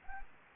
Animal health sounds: mosquito wingbeat signal from an infrared sensor; Anopheles gambiae

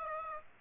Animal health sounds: mosquito wingbeat signal from an infrared sensor; Aedes aegypti

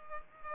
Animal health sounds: mosquito wingbeat signal from an infrared sensor; Culex pipiens

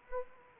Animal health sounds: mosquito wingbeat signal from an infrared sensor; Anopheles arabiensis

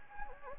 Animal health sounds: mosquito wingbeat signal from an infrared sensor; Anopheles gambiae

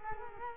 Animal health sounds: mosquito wingbeat signal from an infrared sensor; Culex quinquefasciatus

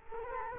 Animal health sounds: mosquito wingbeat signal from an infrared sensor; Culex quinquefasciatus

